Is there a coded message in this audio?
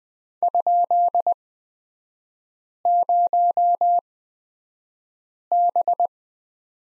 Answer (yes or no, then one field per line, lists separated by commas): yes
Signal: Morse code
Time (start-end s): 0.4-6.1 s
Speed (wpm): 20 wpm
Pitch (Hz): 700 Hz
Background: none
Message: ?0B